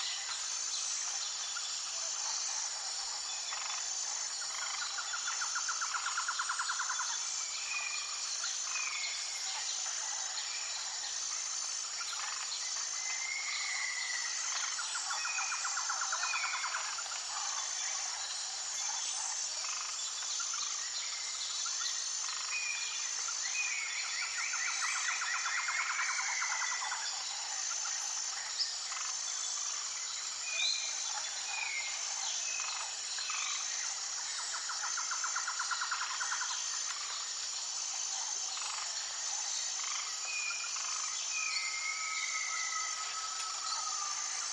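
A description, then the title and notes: Rainforest birds call over a dense, unbroken wall of high insect buzzing that holds steady throughout. Short whistles and chattering phrases rise above it every few seconds, with a clear whistled note near the end, while the low range stays empty. Colorful Birds of the Rainforest. Jungle #nomusic.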